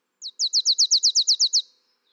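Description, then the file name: Marsh tit delivering a single fast series of about eleven bright, high chipping notes, evenly spaced and lasting about one and a half seconds. "Poecile palustris"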